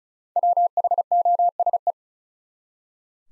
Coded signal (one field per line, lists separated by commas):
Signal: Morse code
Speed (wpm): 36 wpm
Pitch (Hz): 700 Hz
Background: none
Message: WHOSE